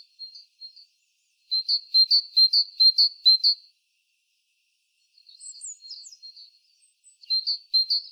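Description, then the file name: Great tit calling: a brisk series of loud, high, evenly spaced notes, then quieter higher twitters, then another short burst. "Parus major"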